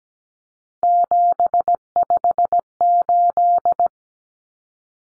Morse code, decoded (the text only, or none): 758